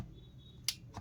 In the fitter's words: இதுவும் லாக் ஆகிடுச்சு.